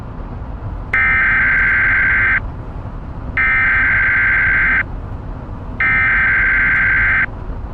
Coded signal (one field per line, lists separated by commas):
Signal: Emergency Alert System (SAME) tones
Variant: header bursts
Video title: EAS SCENARIO #2 - A-Hole